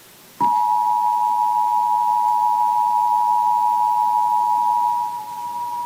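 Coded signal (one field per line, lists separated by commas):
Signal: Emergency Alert System (SAME) tones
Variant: 853 and 960 Hz attention tone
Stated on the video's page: EAS remake made with Adobe Premiere Pro and Audacity; loud.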